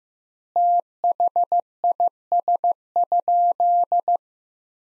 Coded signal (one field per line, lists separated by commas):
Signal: Morse code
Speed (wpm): 16 wpm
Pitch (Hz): 700 Hz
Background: none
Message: THIS?